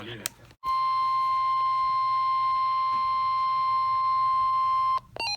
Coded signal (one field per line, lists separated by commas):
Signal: Emergency Alert System (SAME) tones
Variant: 1050 Hz attention tone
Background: speech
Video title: Here Come The Storms...EAS Alerts From July 22, 2020 (EAS #212-234)